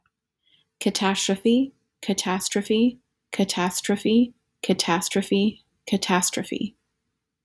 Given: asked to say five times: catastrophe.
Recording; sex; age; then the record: repeated word; female; 20 to 29 years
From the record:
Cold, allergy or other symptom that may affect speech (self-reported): no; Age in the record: 29 years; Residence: Virginia, United States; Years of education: 18